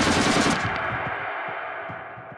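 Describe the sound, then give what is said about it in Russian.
Rapid bursts of automatic gunfire crackle in uneven, ragged volleys over the heavy rumbling roar of a thunderstorm that slowly fades, with no voices present. “И вот сквозь этот, казалось бы, непроницаемый грохот начинает вновь пробиваться злая, рваная автоматная канитель.”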